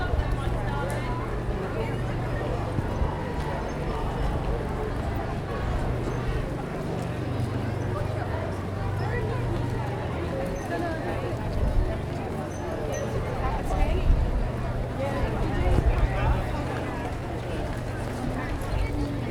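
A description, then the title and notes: A busy outdoor Christmas market, heard while walking through a dense crowd whose overlapping chatter never lets up. A low steady hum runs underneath throughout, with occasional footsteps and clatters, and a few voices rise briefly around the twelve and sixteen second marks. Walking though a busy outdoor Christmas market. It is dark and the ground is wet from an earlier downpour. Crowds are gathering in anticipation of the Christmas lights in the High Street being switched on.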